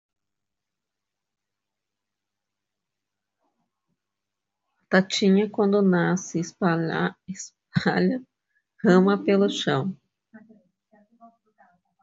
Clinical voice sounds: short text; Brazilian Portuguese; female; 50 to 59 years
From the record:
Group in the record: control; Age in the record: 58 years

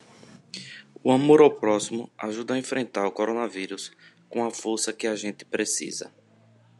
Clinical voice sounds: spoken sentence; Brazilian Portuguese; male; 40 to 49 years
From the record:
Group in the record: control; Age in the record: 42 years

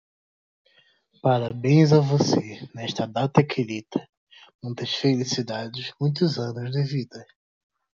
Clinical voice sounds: short text; Brazilian Portuguese; male; 20 to 29 years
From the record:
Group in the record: control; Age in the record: 25 years

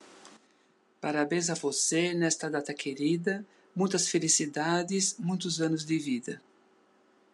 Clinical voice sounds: short text; Brazilian Portuguese; male; 60 to 69 years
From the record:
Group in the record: control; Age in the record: 65 years

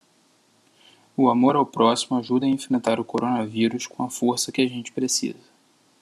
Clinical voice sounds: spoken sentence; Brazilian Portuguese; male; 20 to 29 years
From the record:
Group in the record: control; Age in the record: 27 years

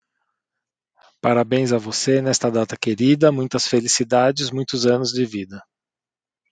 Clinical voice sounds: short text; Brazilian Portuguese; male; 40 to 49 years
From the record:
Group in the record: control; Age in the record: 48 years

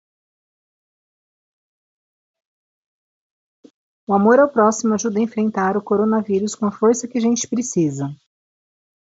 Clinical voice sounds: spoken sentence; Brazilian Portuguese; female; 30 to 39 years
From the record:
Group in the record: control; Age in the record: 39 years

